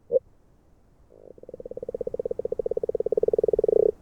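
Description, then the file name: Agile frog call: one brief knock, then a long series of soft, rapid knocking notes that starts quietly and grows louder toward the end. Hungary. "Magyarorsz g B kahangjai - Erdei beka Agile Frog"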